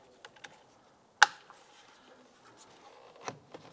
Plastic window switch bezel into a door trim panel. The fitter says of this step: Go ahead and snap that into place.